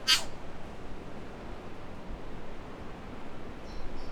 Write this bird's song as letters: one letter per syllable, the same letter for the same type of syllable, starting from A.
A